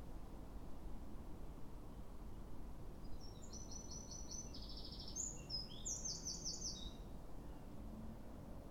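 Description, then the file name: Eurasian wren song, a quick high burst of rattling trills and piercing notes, soft against constant low background noise. "Troglodytes troglodytes"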